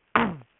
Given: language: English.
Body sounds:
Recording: throat vibration sensor signal played as sound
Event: throat clearing

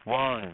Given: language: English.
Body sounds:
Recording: throat vibration sensor signal played as sound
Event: speech

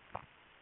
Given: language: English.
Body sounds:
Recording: throat vibration sensor signal played as sound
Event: swallow

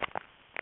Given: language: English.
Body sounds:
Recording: throat vibration sensor signal played as sound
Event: swallow

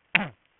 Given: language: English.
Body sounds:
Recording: throat vibration sensor signal played as sound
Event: throat clearing

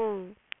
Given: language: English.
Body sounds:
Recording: throat vibration sensor signal played as sound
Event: speech

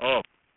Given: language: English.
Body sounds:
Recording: throat vibration sensor signal played as sound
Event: speech

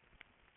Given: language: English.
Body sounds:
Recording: throat vibration sensor signal played as sound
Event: swallow

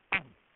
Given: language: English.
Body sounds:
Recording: throat vibration sensor signal played as sound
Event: throat clearing

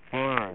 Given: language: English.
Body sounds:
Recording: throat vibration sensor signal played as sound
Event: speech

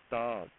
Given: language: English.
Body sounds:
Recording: throat vibration sensor signal played as sound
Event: speech

